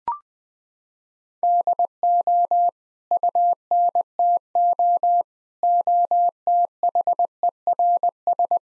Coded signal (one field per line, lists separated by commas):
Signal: Morse code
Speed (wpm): 21 wpm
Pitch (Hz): 700 Hz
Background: none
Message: DO UNTO OTHERS